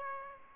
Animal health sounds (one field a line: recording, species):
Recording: mosquito wingbeat signal from an infrared sensor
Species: Aedes albopictus